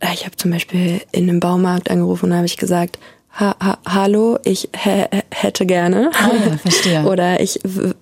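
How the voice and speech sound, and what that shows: An adult woman who has stuttered since starting school speaks German fluently, then acts out a phone call to a stranger with deliberate syllable repetitions, "ha-ha-hallo", and a drawn-out restart on "hätte", followed by a short laugh. This is pseudo-stuttering: exaggerated, voluntary stuttering practised as a desensitisation technique in stuttering therapy.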